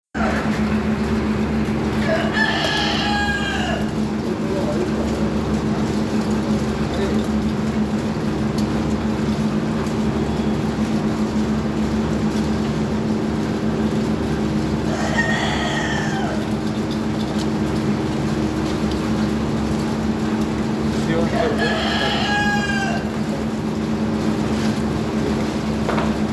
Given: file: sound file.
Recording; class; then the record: poultry; feeding with fan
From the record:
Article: Edge intelligence for poultry welfare: Utilizing tiny machine learning neural network processors for vocalization analysis